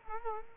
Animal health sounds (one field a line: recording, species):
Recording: mosquito wingbeat signal from an infrared sensor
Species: Culex quinquefasciatus